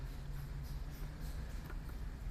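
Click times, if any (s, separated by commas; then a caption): none. A plastic lid is being handled over the sponged-clean rim lip of a plastic concrete cylinder mold, where it must be pressed on until it snaps into position. Only a steady low rumbling background is heard, with no sharp sounds. Nothing has seated or clicked yet.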